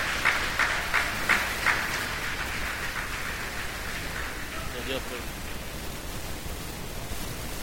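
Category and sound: crowd, audience applause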